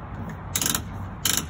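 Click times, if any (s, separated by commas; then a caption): 0.6 s, 0.7 s, 0.8 s, 1.2 s, 1.3 s, 1.4 s. A torque-limiting mounting knob on a Yakima roof cargo box clamp is tightened onto the roof rack crossbar. It gives two bursts of sharp ratcheting clicks at about 0.6, 0.7 and 0.8 seconds, then at 1.3, 1.3 and 1.4 seconds. The clicks signal that the clamp has reached its set tightness.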